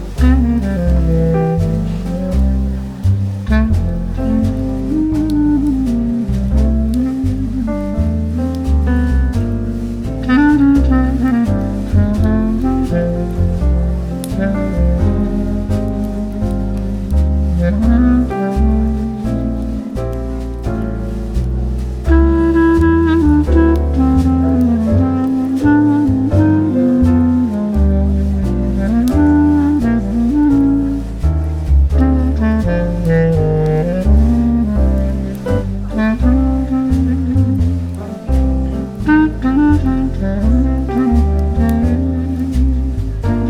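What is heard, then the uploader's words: Smooth jazz plays steadily throughout, with a warm, full bass line walking underneath and a mellow melody weaving in the middle range. The level stays even for the whole stretch, with gentle phrases rising and falling but no pauses or sudden changes. Coffee Shop Bookstore Ambiance.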